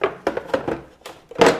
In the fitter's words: Clicks into place.